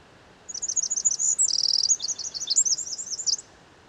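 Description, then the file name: Eurasian wren delivering a fast three-second burst of piercing high notes, with a dense rattling trill partway through, then sharp chattering phrases. "Troglodytes troglodytes"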